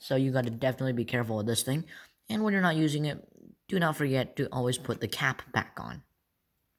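Someone talks while handling a protective cap for a sharp, pointed lab tool, the cap meant to be put back onto the tool's tip after use. Only speech is heard, with no click or snap. The cap has not seated yet; nothing has snapped into place by the end of the clip.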